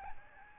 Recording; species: mosquito wingbeat signal from an infrared sensor; Aedes albopictus